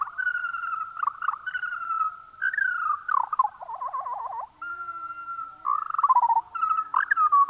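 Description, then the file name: Eurasian skylark song heard slowed: flowing whistled notes, a looping wavering trill in the middle, then more steady whistles and rapid phrases. Played slowed down. "skylark slowed down"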